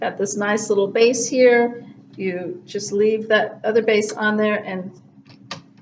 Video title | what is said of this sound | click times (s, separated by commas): How to Use the FunScope Telescope | slide it right in it makes a little clicking noise | 5.5 s